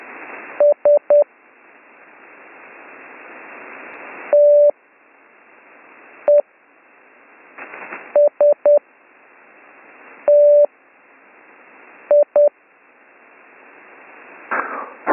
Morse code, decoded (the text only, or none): S TESTI